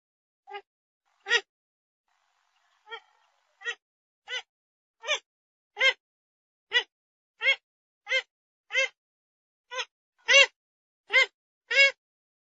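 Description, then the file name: Grey-headed swamphen calls: a series of short nasal harmonic notes, soft at first and then louder, given in an uneven rhythm about every second, with a gap after the first two. "Tieng trich co"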